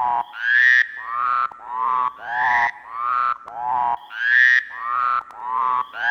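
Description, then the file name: Frog calling in repeated harsh, nasal croaks, some bursts lower and some higher with a rising pitch, many bursts in quick succession. "Kearns Corrected Thesis DIGITAL APPENDIX H Frogs"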